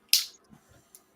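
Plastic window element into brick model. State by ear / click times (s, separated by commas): seated / 0.1 s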